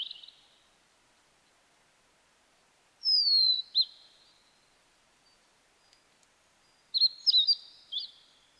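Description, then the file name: Blue-and-white flycatcher song: a long, high, descending whistle with a short note after it, then a faster burst of twisting, sharp whistled notes near the end. Recorded 9 May 2009. "ooruri-20090509"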